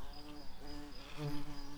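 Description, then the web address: Garden bumblebee buzz, a steady low hum with pitched tones, over background noise. Queens. "Hortorum queens"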